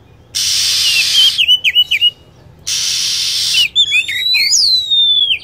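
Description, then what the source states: Lovebird calls of rapid, wavering high chirps in short bursts, each following a stretch of loud continuous hiss. Lovebird calls used as a lure to attract birds.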